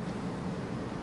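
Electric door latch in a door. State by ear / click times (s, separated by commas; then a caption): not seated / none. An electric door latch in a door, briefly unlocked by video analytics after a person enters the area, waits to lock again. Only a steady, broadband background rumble with a low hum around 100–200 Hz is heard, with no sharp sounds. Nothing has latched or clicked yet.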